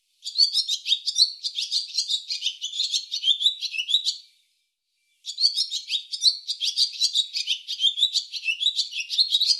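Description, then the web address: Barn swallow twitter: two long runs of fast, chattery, squeaky notes separated by a brief silence near the middle. "cianscape birddata Deverinetal 2025"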